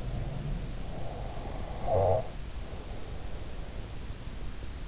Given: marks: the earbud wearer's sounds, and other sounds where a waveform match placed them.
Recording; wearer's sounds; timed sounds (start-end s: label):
sounds in sleep by an in-ear microphone; snoring breath
0.00-1.30 s: sound from someone else or the room
0.13-3.67 s: snoring breath